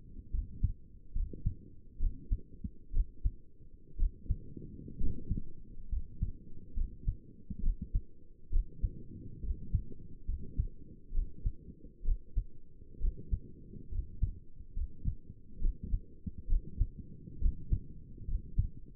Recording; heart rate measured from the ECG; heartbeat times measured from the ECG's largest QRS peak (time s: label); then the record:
heart sounds by stethoscope; 67 bpm
0.33 s: heartbeat
1.15 s: heartbeat
2.00 s: heartbeat
2.94 s: heartbeat
3.99 s: heartbeat
5.00 s: heartbeat
5.91 s: heartbeat
6.76 s: heartbeat
7.63 s: heartbeat
8.52 s: heartbeat
9.43 s: heartbeat
10.28 s: heartbeat
11.14 s: heartbeat
12.05 s: heartbeat
13.01 s: heartbeat
13.92 s: heartbeat
14.76 s: heartbeat
15.62 s: heartbeat
16.49 s: heartbeat
17.41 s: heartbeat
18.28 s: heartbeat
From the record:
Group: healthy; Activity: rest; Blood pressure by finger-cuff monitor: 68/47 mmHg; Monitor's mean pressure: 55 mmHg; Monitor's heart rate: 68 bpm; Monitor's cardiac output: 5.7 L/min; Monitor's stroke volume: 87 mL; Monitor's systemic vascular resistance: 650 dyn s/cm5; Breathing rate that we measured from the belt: 14 breaths a minute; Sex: male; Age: 22 years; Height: 181 cm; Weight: 79 kg